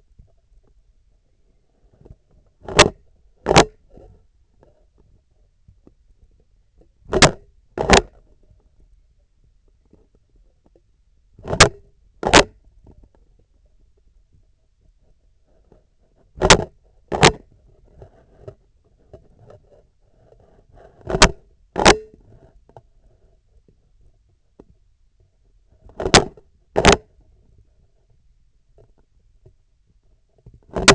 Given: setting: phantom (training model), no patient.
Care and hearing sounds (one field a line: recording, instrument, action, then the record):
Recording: laparoscopic instrument, vibration sensor on the handle end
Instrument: scissors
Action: opening and closing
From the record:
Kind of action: tool actuation without material contact